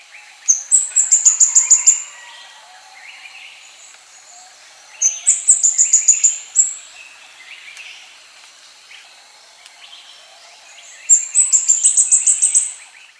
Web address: plain flowerpecker call